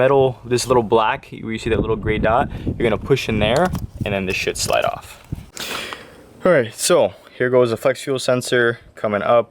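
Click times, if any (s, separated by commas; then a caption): 5.6 s. Someone talks while pressing the gray release dot on a small black plastic ignition coil connector on the coil pack of a V6 Camaro during a FlexFuel E85 kit install. A sharp click is heard at 5.6 s as the connector unlatches and slides off the coil.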